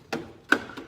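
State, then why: Seated. The last plastic cover piece of an aftermarket rear spoiler on a 2016 GLA45 AMG is pressed onto the spoiler body and snaps into place in its mount. A duller knock at 0.1 s comes before a sharp, loud snap at 0.5 s, followed by a faint tap near 0.8 s. The cover piece is seated.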